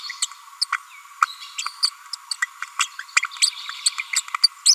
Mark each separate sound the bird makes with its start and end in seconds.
0.22-0.26, 0.61-0.64, 0.72-0.76, 1.58-1.62, 1.83-1.87, 2.31-2.33, 2.42-2.45, 2.62-2.63, 2.80-2.85, 3.16-3.21, 3.42-3.46, 3.85-3.89, 3.99-4.01, 4.13-4.15, 4.43-4.48, 4.65-4.74